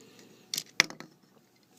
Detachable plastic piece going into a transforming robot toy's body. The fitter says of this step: yeah that is designed to pop off um and just snaps right in there